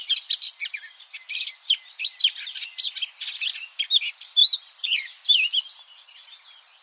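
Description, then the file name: Eurasian blackcap song: lively warbled phrases and sharp chirps in quick succession, tapering off at the close. "Sylvia atricapilla"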